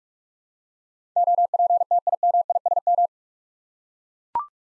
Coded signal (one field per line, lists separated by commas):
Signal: Morse code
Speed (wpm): 42 wpm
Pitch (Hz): 700 Hz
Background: none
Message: OPTIMISM